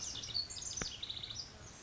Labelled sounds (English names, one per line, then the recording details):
Pacific Wren
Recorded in Sonoma County, California